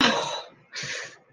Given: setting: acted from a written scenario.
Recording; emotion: vocal sound without words; distress